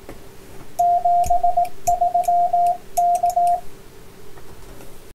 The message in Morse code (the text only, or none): 73 K